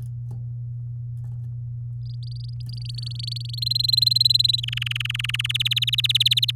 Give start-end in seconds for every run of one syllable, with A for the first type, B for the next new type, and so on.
2.05-3.60 A, 3.62-4.60 B, 4.63-5.52 C, 5.54-6.51 D